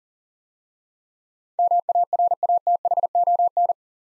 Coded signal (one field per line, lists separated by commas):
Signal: Morse code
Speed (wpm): 41 wpm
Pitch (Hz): 700 Hz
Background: none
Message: MARATHON